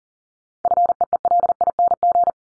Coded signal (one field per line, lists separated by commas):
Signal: Morse code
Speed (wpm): 40 wpm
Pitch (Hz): 700 Hz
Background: none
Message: FEELING